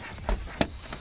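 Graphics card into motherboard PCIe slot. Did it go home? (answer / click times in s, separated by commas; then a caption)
yes / 0.6 s. A large graphics card is pushed into a motherboard's PCIe slot, with a duller knock near 0.3 s before the slot's retention lock flips up with a sharp click at 0.6 s. A softer sound follows near 0.9 s. The card is seated.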